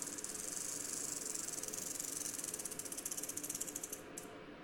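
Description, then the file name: Rock rattlesnake rattle: a rapid, ratchet-like buzz of distinct clicks that slows and fades near the end, the pulses growing more spaced before stopping. "Crotaluslepidus JRice"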